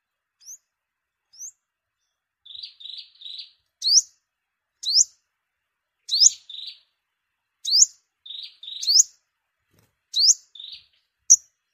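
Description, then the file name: Sunbird giving thin, high rising whistles spaced about a second apart, mixed with short, lower buzzy notes. "tieng-hut-mat-5-mau-liu"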